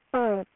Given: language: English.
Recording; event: throat vibration sensor signal played as sound; speech